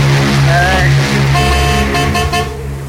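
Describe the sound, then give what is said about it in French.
A car horn honks in a series of short, steady, low-pitched blasts with brief gaps between them, sounding loud over a continuous engine rumble. “On va jouer à un concert de klaxon.”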